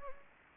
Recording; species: mosquito wingbeat signal from an infrared sensor; Anopheles gambiae